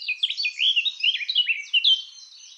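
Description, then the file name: Eurasian blackcap giving a continuous, rapid warble of squeaky, slurred notes that rise and fall without a break. "Sylvia atricapilla"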